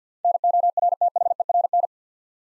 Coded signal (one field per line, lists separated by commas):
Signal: Morse code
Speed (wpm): 49 wpm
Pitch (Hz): 700 Hz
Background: none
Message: NORTHERN